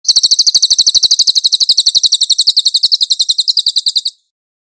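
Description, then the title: Pygmy Bushtit song: one sustained high trill of rapid, evenly spaced chirps lasting about four seconds, then stopping abruptly. "SUARA BURUNG CILILIN"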